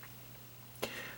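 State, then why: Seated. The spring-loaded inner jaw of a Herocross Hybrid Metal Figuration #023 Alien action figure is pushed back into the figure's head so the mouth can be closed. Over a low steady hum, a single short, sharp click is heard at 0.8 s as the inner jaw seats back in place.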